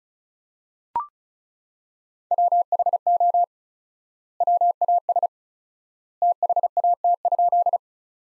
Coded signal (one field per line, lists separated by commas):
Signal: Morse code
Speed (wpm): 34 wpm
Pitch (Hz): 700 Hz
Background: none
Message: WHO WAS THAT?